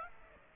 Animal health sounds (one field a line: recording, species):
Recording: mosquito wingbeat signal from an infrared sensor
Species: Aedes aegypti